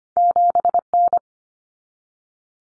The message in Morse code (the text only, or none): 7N